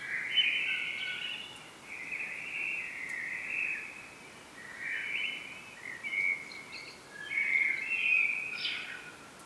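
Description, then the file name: Common blackbird producing a run of short fluty phrases, one after another, with softer high flourishes toward the end and steady background hiss. "Turdus merula"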